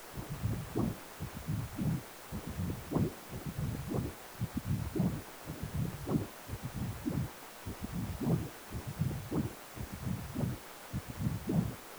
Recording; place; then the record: Doppler ultrasound of blood flow; precordium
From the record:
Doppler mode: continuous wave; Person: healthy adult, 18 to 50 years, no heart murmur, not diving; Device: 2.5 MHz transducer